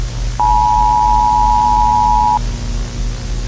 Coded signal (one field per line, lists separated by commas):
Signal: Emergency Alert System (SAME) tones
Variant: 853 and 960 Hz attention tone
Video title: EAS SCENARIO: AMBUSHER